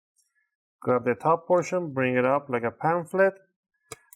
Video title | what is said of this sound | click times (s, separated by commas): How to Replace the Display on Samsung Galaxy A13 4G (SM-A135F/M) Screen Repair Guide | put it on top push the corners nice to make sure you those nice click sounds all over all around | 3.9 s, 4.1 s